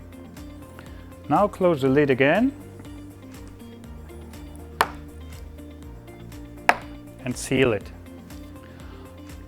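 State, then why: Seated. Someone talks while the battery compartment lid on a JetWave eFoil board is closed again and then sealed. Two sharp, loud clicks ring out at 4.8 s and 6.7 s. The lid closes and latches.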